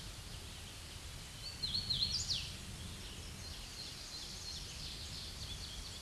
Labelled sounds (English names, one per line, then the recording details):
Hooded Warbler song
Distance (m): 5 m
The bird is about 5 m above the microphone
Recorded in a Pennsylvania forest on 16 May 2024 at 09:01
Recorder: AudioMoth, point MSD-0814
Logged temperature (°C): 15.8 °C
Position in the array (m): 163 m, 112 m